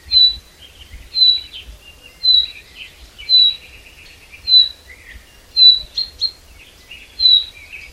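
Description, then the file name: Common chaffinch giving a sharp, bright call note about once a second, with softer chirps from other birds underneath and a low rumble. "Fringilla coelebs"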